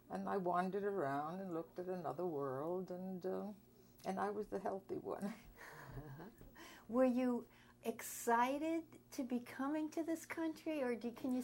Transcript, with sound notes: And I wandered around and looked at another world and I was the healthy one. [Laughs] Were you excited to be coming to this country or did, can you say...